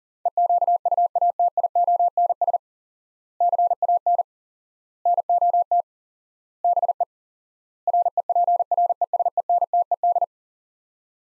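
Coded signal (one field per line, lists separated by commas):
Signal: Morse code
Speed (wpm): 40 wpm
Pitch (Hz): 700 Hz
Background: none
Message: EQUATIONS CAN NOT BE REPRESENTED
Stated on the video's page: Head-copy drill of five-word sets at 40 wpm with 4x word spacing, similar to Farnsworth; the words are sent, spoken, then sent again.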